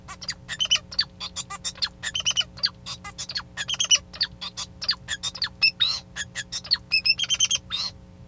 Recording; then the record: song of a male Bengalese finch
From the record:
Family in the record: son of father 2